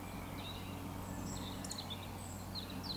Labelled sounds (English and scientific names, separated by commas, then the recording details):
Eurasian Woodcock (Scolopax rusticola)
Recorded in Baden-Württemberg, Germany, on 16 June 2020 at 20:06 UTC
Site 14569, 102 m above sea level